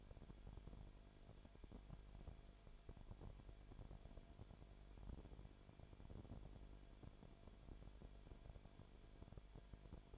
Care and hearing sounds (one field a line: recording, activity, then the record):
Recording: daily activity, microphone in the room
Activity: no activity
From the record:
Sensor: 5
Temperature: 19.8 degrees Celsius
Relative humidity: 35.7%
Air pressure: 1003.4 hPa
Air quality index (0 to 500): 57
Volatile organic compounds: 1 ppm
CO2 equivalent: 636 ppm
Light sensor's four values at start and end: 2/3/1/1 and 2/3/1/1